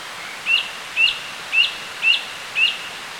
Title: Sylvain Jaskowiak - Mes piafs. Grive musicienne